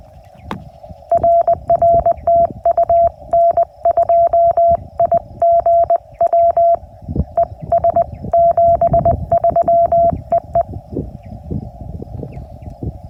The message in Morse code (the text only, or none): RR TU N2IGW ES 73 EE